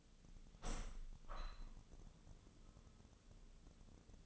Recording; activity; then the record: daily activity, microphone in the room; open window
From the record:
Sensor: 4